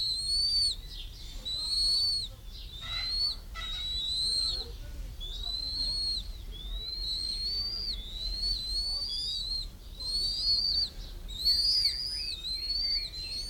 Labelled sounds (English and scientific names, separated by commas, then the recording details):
Bald Eagle (Haliaeetus leucocephalus)
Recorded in captivity
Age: juvenile
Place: Zoo Berlin, Berlin, DE
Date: 1993-06-05 10:04
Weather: 20-25 °C, sonnig
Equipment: Marantz CP 430, Sennheiser ME 80, Kopie Uher Variocord 263
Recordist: Tembrock, Günter